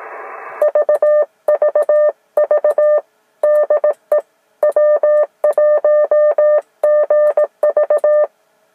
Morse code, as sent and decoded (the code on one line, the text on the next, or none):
...- ...- ...- / -.. . / .-- .---- --. ...-
VVV DE W1GV